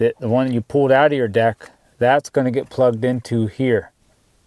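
A gray factory plug pulled from the deck of a 3rd Gen Tundra is handled for pushing into a Beat Sonic mini amp's harness connector while someone talks. Nothing has seated or clicked yet in this clip.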